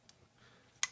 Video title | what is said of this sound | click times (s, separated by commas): This Multitool CHANGED the Game – Here’s Why! (BIBURY Pliers Pro) | It clicks in place. | 0.8 s